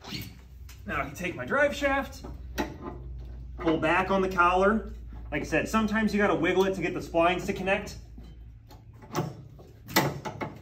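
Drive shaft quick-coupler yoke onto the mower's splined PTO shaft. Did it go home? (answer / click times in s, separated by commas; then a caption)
yes / 10.0 s. Someone talks while pulling back the spring-loaded collar on the steel drive shaft quick-coupler yoke of a front-mount Grasshopper mower deck and wiggling it so the splines line up with the mower's splined PTO shaft. The collar snaps forward with a sharp click at 10.0 s, locking the coupling snugly onto the splined shaft so it is seated and connected.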